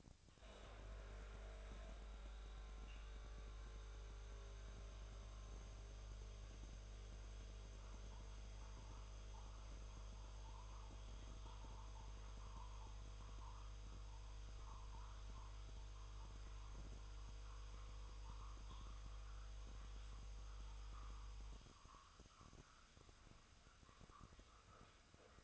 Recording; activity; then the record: daily activity, microphone in the room; make coffee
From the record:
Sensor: 2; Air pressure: 1000.1 hPa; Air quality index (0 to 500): 141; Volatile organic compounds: 2 ppm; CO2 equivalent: 1195 ppm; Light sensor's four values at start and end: 26/62/27/29 and 25/62/27/29